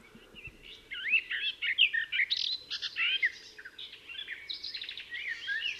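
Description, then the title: Garden warbler giving a continuous flowing warble of clear slurred whistles and quick chatters. "La Fauvette des jardins"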